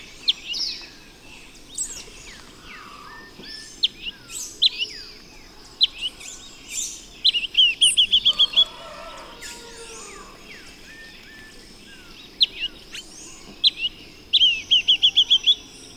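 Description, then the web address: Red-billed tyrannulet calling, scattered thin high notes and two short, quick, even trills. Bird of Ecuador, South America. "Birds of Ecuador 3-06 Red-Billed Tyrannulet"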